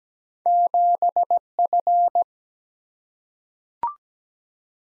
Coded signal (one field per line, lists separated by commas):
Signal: Morse code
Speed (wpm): 17 wpm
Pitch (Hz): 700 Hz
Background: none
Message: 7F